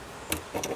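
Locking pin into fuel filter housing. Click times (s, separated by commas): 0.3 s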